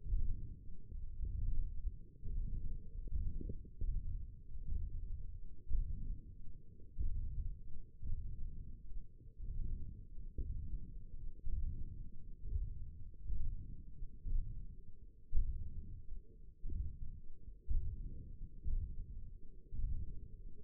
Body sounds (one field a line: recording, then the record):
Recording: forearm muscle sounds (acoustic myography)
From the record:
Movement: hand opening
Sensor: system 1, eight BSWA MPA416 microphones around the upper forearm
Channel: 1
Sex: female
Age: 21 years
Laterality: right